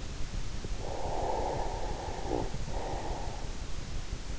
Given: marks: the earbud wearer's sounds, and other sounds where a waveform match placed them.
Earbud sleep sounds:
sounds in sleep by an in-ear microphone; breath
0.67-3.66 s: breath

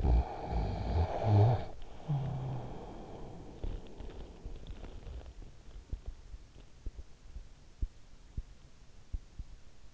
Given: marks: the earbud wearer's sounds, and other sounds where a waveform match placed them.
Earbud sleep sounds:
sounds in sleep by an in-ear microphone; snoring breath
0.00-5.52 s: snoring breath

